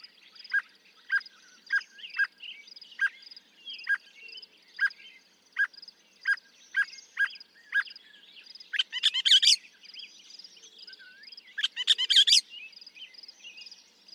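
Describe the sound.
Northern mockingbird song, a series of short sharp notes, then two loud harsh bursts of rapid notes.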